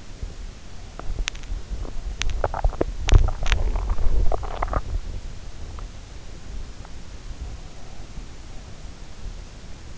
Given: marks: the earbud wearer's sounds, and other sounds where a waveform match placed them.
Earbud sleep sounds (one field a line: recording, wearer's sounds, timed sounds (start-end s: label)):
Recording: sounds in sleep by an in-ear microphone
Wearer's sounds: teeth grinding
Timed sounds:
0.00-5.23 s: teeth grinding